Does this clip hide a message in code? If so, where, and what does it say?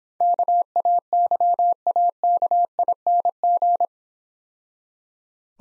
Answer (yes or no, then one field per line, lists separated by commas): yes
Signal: Morse code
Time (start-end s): 0.2-3.9 s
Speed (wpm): 26 wpm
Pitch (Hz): 700 Hz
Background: none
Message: KAYAKING